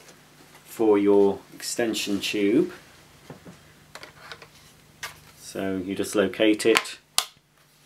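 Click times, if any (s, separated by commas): 7.2 s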